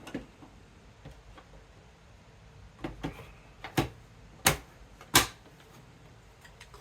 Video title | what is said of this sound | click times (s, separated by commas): Repairing a Drive on an original XBOX that doesn't open! | drive tray here clicks into place beautifully | 4.5 s, 5.2 s